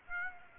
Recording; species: mosquito wingbeat signal from an infrared sensor; Aedes aegypti